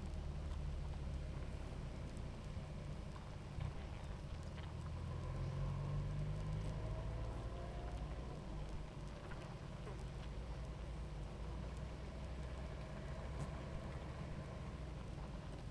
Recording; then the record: honeybee colony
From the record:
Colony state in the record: active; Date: 28 July 2017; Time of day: 18:00